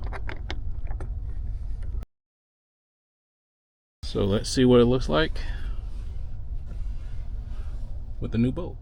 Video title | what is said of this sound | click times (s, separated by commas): 2025 Chevrolet Colorado ZR2 Bison - Diode Dynamics Stage 2 Interior/License Plate LED Conversion Kit | Then whenever we put it back in there, we just want to make sure all these clips just pop into place. | 0.3 s, 0.5 s